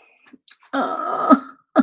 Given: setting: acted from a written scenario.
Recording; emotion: vocal sound without words; pain